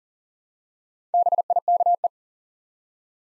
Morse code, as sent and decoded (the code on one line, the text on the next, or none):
-... .. -.- .
BIKE